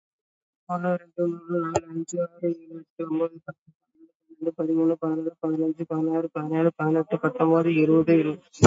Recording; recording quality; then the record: counting at a fast pace; excellent, no background noise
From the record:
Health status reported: COVID-19 positive, mild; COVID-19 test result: positive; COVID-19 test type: RT-PCR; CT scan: taken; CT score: 6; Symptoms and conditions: cough, cold, fatigue, muscle pain, another respiratory illness, hypertension, diabetes, ischaemic heart disease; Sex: female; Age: 63 years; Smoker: no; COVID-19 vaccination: both doses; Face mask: worn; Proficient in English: yes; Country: India